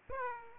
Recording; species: mosquito wingbeat signal from an infrared sensor; Aedes aegypti